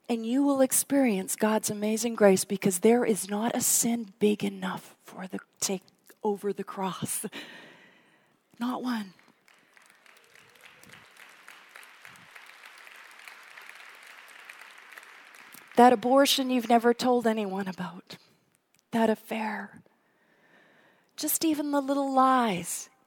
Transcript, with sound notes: And you will experience God's amazing grace, because there is not a sin big enough that will take over the cross. Not one. [applause] That abortion you never told anyone about. That affair. Just even the little lies.